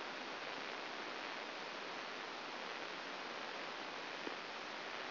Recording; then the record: brain microelectrode recording played as sound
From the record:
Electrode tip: outside the subthalamic nucleus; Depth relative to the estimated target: 4 mm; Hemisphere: left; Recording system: AlphaMap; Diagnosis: Parkinson's disease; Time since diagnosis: 9 years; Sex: male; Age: 53 years